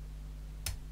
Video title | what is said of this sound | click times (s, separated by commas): (225) How to Pick Your First REAL Lock | got another click I go back in | 0.7 s